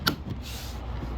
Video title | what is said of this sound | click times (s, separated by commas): 2017 Mercedes Benz C300 W205 Battery Replacement | Then you hear a click when it's completely in. | 0.1 s